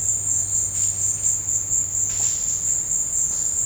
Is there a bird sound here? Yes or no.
no